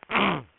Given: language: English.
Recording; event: throat vibration sensor signal played as sound; throat clearing